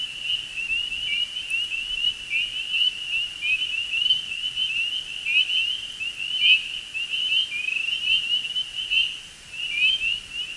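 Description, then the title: Spring peepers calling in a thick chorus, countless piping upslurred peeps overlapping into a continuous high, shimmering whistle with a brief dip near the end. Chorus in early spring; a persistent drone of delicate whistle-like peeping. "Spring Peepers and two other frog species calling in early spring"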